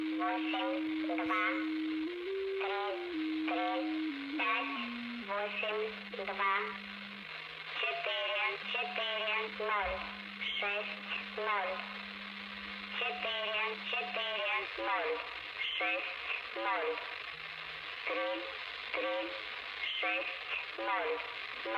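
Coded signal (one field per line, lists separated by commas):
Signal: numbers station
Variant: S06s, Russian female voice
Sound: female voice reading short spoken numbers at an even pace over a steady whistle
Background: heterodyne whistle, radio static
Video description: Der Zahlensender S06s, Russian Lady ist auf allen drei Empfängern gut hörbar.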